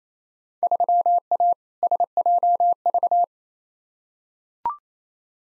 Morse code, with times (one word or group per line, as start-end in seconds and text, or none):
0.6-1.5 3A
1.8-3.2 SJV